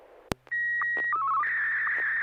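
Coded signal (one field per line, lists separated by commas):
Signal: SSTV (slow-scan television)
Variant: Martin 1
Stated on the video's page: Morse code ident on an FM repeater at 441.30 MHz during a weekly SSTV net.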